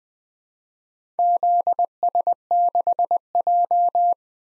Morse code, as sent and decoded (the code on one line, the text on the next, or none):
--.. ... -.... .---
ZS6J